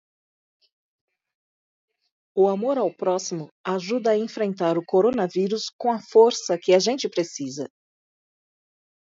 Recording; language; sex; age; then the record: spoken sentence; Brazilian Portuguese; female; 50 to 59 years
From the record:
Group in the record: control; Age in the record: 53 years